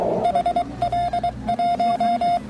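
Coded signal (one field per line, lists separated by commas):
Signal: Morse code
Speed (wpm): 22 wpm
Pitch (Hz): 690 Hz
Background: none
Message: HL1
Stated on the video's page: QRP CW from an FT-817 during a bicycle trip.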